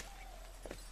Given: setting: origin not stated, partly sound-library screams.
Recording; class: one-second piece from a danger detection set; normal situation